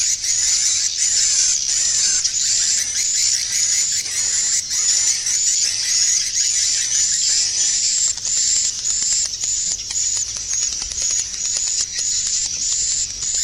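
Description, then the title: Swiftlet chirping, an unbroken wash of high squeaky twitters and whistled notes, densely overlapping and steady throughout. Swiftlet farming sound, Asia. "Swiflet Bird Sound"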